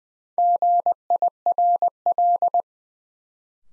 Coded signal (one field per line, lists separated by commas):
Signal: Morse code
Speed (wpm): 21 wpm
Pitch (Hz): 700 Hz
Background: none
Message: GIRL